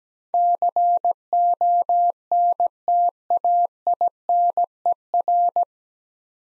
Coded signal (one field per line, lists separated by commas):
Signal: Morse code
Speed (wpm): 17 wpm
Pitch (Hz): 700 Hz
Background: none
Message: CONTAINER